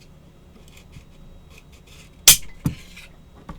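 During disassembly of a Derya TM22 Cadet .22 LR straight-blowback rifle, the bolt is rotated and pulled out of the receiver. Faint handling ticks lead up to a loud, sharp snap at 2.3 seconds as the recoil spring lets the bolt come free, followed by smaller knocks. The bolt is released from the receiver.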